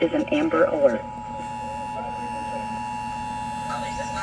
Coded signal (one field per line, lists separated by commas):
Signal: Emergency Alert System (SAME) tones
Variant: 853 and 960 Hz attention tone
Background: speech